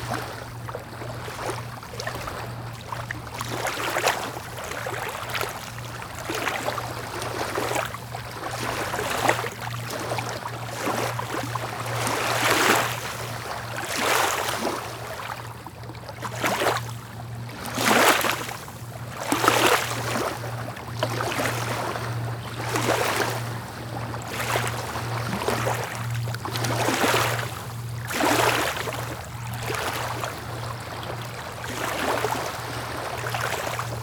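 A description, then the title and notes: Small waves splash gently, with soft bright washes arriving every second or two and a few stronger slaps around the middle. Beneath them runs a steady low engine-like hum, as if from a boat, holding even from start to finish. Gentle Small Splashing Relaxing Waves.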